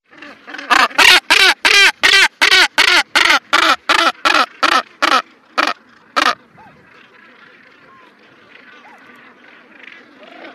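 Northern gannet giving a fast run of harsh, throaty barks for several seconds, followed by quieter background calls.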